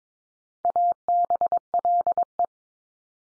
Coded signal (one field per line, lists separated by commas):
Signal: Morse code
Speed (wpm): 22 wpm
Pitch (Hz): 700 Hz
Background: none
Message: ABLE